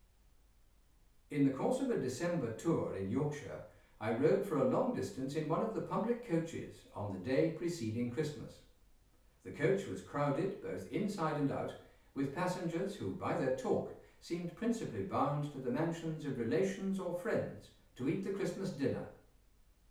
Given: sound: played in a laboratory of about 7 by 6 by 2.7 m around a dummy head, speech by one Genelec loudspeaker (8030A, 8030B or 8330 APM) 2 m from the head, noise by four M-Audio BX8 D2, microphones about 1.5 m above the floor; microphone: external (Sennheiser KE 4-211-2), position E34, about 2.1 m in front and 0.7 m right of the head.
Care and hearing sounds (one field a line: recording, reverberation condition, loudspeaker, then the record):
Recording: male speech in English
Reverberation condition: medium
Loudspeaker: 90 degrees to the left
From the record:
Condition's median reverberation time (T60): about 510 ms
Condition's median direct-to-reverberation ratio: about -0.5 dB